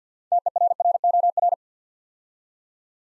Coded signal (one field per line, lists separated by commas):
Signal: Morse code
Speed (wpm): 50 wpm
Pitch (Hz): 700 Hz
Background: none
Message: TERROR